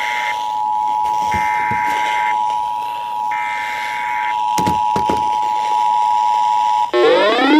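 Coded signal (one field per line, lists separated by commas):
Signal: Emergency Alert System (SAME) tones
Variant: 853 and 960 Hz attention tone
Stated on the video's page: Flood warnings received on weather radio WXJ84 and on stations WKWS and WVAF, one with a slight glitch.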